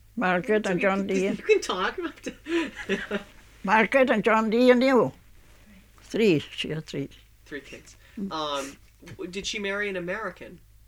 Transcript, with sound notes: Margaret and John Dee... (unintelligible)
You can talk, you don't have to... (he laughs)
Margaret and John Dee and you.
Right.
Three. She had three.
Three kids. Did she marry an American?